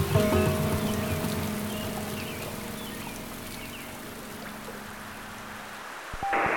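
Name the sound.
rain falling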